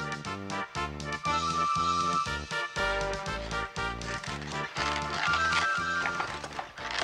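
horses' hooves clip-clopping

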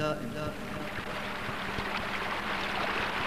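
sea waves

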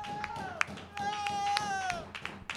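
applause

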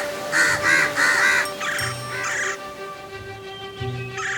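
crows cawing

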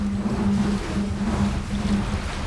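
waves

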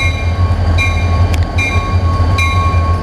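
train passing on rails

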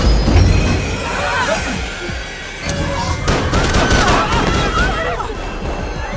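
gunfire

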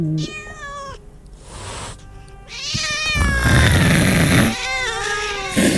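cat meowing

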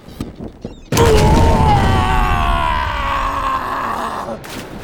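ship explosion

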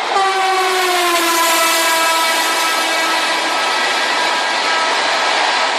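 train passing

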